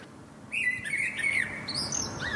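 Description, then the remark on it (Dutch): An early-season blackbird in a street in Utrecht, ahead of spring, sings a halting, uncertain phrase of fluty whistles and thin high twitters, starting abruptly and wavering in pitch, as if still practising its spring song. “Nou, veel merels moeten in aanloop naar de lente hun liedjes weer een beetje oefenen.”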